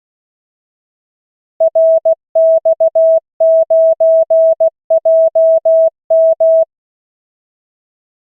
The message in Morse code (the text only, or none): RX9JM